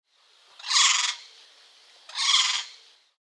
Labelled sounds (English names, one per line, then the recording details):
Black-capped Lory
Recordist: Tembrock, Günter
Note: Zwei Rufe